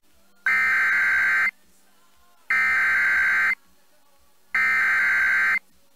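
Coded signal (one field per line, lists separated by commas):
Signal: Emergency Alert System (SAME) tones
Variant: header bursts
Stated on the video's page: NOAA Weather Radio severe thunderstorm and tornado warnings for Iowa, South Dakota and Minnesota storms.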